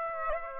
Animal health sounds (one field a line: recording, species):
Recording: mosquito wingbeat signal from an infrared sensor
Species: Aedes aegypti